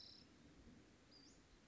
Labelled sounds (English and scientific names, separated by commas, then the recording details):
Western Flycatcher (Empidonax difficilis)
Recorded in Sonoma County, California